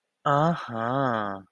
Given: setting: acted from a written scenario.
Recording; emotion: vocal sound without words; ecstasy